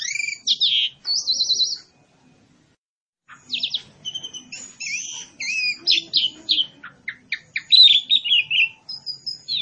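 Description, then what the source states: Pied myna giving a jumble of loud whistles, slurred chirps and harsh buzzy notes, broken by a silent pause of over a second before a denser burst of rapid varied phrases. Lure call, in Indonesian 'pancingan', used to attract pied mynas for trapping or training.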